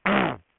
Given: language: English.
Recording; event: throat vibration sensor signal played as sound; throat clearing